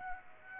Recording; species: mosquito wingbeat signal from an infrared sensor; Aedes aegypti